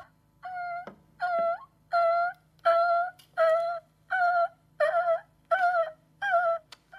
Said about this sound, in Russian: … плачет в трубку.